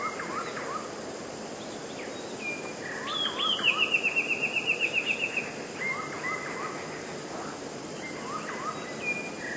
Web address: wroblowe teka 2 spiew 3. modraszkoteka